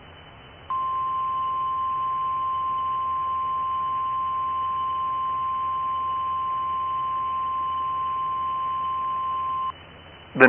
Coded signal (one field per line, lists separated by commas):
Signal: Emergency Alert System (SAME) tones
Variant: 1050 Hz attention tone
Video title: 2023 A Deadly Spring 2 [EAS Scenario]